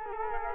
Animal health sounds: mosquito wingbeat signal from an infrared sensor; Culex quinquefasciatus

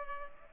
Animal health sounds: mosquito wingbeat signal from an infrared sensor; Culex pipiens

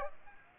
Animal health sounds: mosquito wingbeat signal from an infrared sensor; Aedes aegypti

